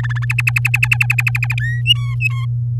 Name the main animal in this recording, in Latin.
Serinus canaria